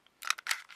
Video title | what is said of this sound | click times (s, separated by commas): Smok Mag Mod 225W Review | and it clicks into place. | 0.3 s, 0.5 s